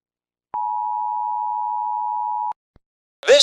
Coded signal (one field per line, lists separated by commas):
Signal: Emergency Alert System (SAME) tones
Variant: 853 and 960 Hz attention tone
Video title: Skibidi Toilet EAS Alarm